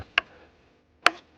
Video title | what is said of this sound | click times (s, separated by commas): Quels accessoires pour isoler ? #isover #isolation #isolant #membrane #optima #artisan #travaux #btp | le cavalier intégral qui vient se clipser sur ta suspente, | 0.2 s, 1.1 s